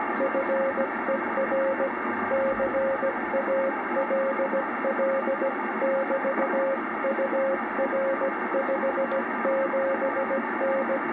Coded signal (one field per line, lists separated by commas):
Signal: Morse code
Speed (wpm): 16 wpm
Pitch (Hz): 530 Hz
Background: radio noise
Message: FER CALL <BT> UR 57N